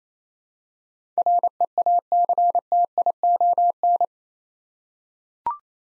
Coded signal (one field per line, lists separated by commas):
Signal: Morse code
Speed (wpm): 27 wpm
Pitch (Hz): 700 Hz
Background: none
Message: REACTION